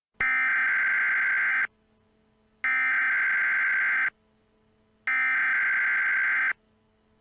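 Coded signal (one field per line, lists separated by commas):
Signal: Emergency Alert System (SAME) tones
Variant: header bursts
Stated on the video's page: Fictional EAS civil danger warning scenario.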